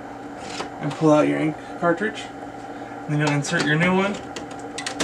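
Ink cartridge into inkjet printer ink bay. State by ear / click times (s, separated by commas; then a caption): seated / 4.8 s, 4.9 s. A new plastic ink cartridge is pushed into its slot in the ink bay of a Brother MFC-6490 inkjet printer while someone talks. The cartridge clicks and latches into place at 4.8 and 4.9 seconds, seated.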